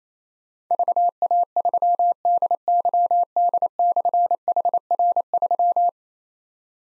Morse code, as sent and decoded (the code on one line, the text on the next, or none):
...- .- ...-- -.. -.-- -.. -..-. .... .-. ...--
VA3DYD/HR3